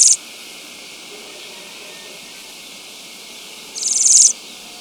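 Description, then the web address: Ash-breasted sierra finch calls, two short high buzzy bursts, one at the start and a longer one near four seconds, over quiet background hiss. Recorded in Ecuador. "Birds of Ecuador ASh-breasted Sierra-Finch"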